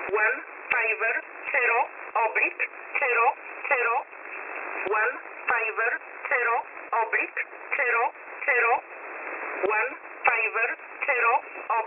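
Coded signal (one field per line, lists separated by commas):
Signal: numbers station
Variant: E11 Oblique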